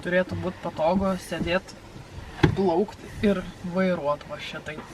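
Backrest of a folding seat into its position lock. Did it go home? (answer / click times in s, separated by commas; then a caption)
yes / 2.4 s. A folding seat bought from a shop is set up in a boat, and its backrest is moved until it locks into one of several positions. Someone talks throughout, and at 2.4 s a short, sharp knock is heard as the backrest seats firmly in its lock.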